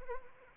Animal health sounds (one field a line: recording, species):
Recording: mosquito wingbeat signal from an infrared sensor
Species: Anopheles arabiensis